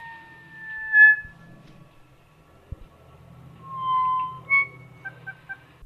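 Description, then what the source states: Kokako song of slow, pure organ-like notes, long held tones, then a higher short series; a sharp click and a low hum beneath. Threatened bird; recorded song played back over a speaker system to draw kokako in; haunting, described as a mix between an organ and a squeaky door.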